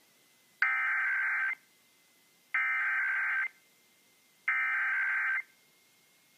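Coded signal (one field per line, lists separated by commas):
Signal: Emergency Alert System (SAME) tones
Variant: header bursts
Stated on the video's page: Illinois required monthly test originated by the state emergency agency and relayed to all Illinois radio and TV stations.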